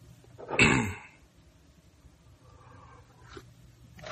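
A single loud, harsh cough bursts out early during a Buddhist sutra lecture at Bảo Quang temple in Texas, followed by quiet breathing and a couple of faint rustles or throat sounds near the end. No one speaks.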